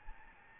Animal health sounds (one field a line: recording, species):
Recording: mosquito wingbeat signal from an infrared sensor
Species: Aedes albopictus